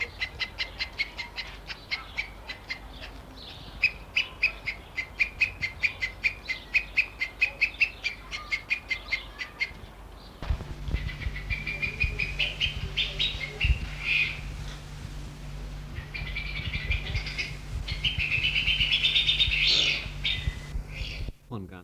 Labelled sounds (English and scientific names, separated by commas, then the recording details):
Raja Shelduck (Tadorna radjah) call
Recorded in captivity
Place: Zoo Berlin, Berlin, DE
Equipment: Halbspur, 9,5 cm/s
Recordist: Lütgens, Hans
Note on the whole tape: Rufe